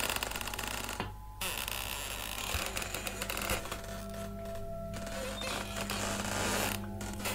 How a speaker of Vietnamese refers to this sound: Dù nằm ngủ chẳng biết được bao lâu thì bất ngờ cánh cửa được ghép bằng những nan tre bị gió thổi vào, cót ca cót két, từ từ mở ra. Âm thanh trong đêm nó rít lên nghe đến giận cả người.